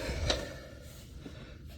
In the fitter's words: And then you'll hear that pin click.